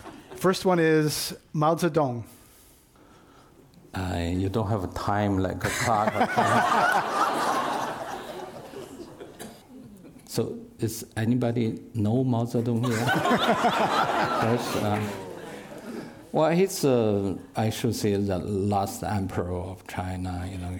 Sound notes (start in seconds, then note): 5.6 laughter; 12.8 laughter